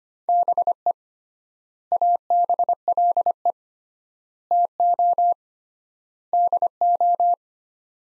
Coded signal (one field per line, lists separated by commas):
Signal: Morse code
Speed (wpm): 25 wpm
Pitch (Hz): 700 Hz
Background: none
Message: BE ABLE TO DO